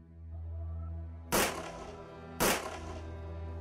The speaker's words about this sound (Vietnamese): Bỗng nhiên có tiếng súng nổ đột ngột vang lên.